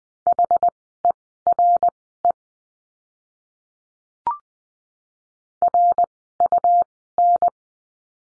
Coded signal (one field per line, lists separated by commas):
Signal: Morse code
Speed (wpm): 20 wpm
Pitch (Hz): 700 Hz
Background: none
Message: HERE RUN